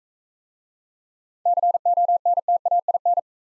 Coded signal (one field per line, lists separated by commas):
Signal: Morse code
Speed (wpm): 44 wpm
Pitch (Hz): 700 Hz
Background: none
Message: CONTAIN